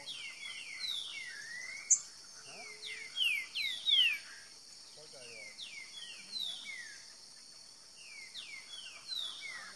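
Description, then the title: Green-winged saltator singing dense strings of bright downslurred whistles, with overlapping phrases that sound like two birds answering each other, and a few faint low sounds. Bird called Nicão, in the bush, singing in a dispute with a free-living bird. "Trinca Ferro NICÃ O No Mato Disputando Com Solto"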